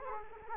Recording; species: mosquito wingbeat signal from an infrared sensor; Culex quinquefasciatus